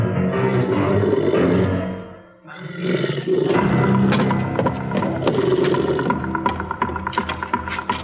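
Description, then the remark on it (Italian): A large Saint Bernard dog, Cujo from Stephen King's story, growls and roars ferociously in two long, deep, rasping bursts separated by a brief pause, the second turning into choppy, snapping snarls toward the end. “E infatti si viene puniti duramente dal San Bernardo partorito dalla mente morbosa e malata di Stephen King, che è Cujo, questo...”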